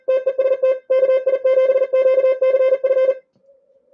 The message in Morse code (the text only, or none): TEST KI7QCF